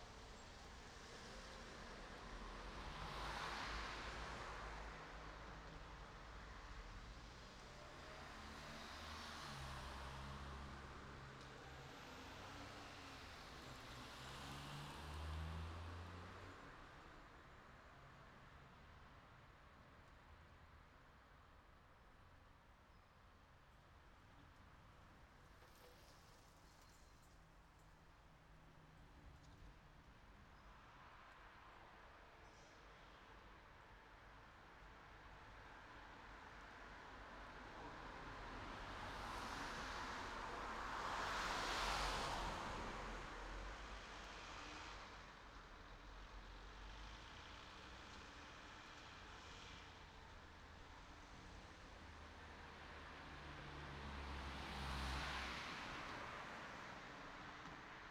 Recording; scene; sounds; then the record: everyday scene through a hearing-aid microphone; in traffic; traffic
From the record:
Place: city secondary road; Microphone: in the ear canal, right